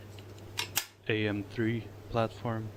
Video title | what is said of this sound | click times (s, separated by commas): Build Log 001 - Obsidia | and just snap it in place the um the cooler is actually magnetic so the | 0.6 s, 0.8 s